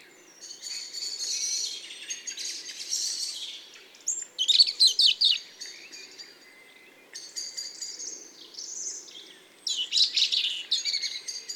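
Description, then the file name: European robin giving soft, high, continuous warbling with brief louder trilled bursts and short gaps. "Erithacus rubecula"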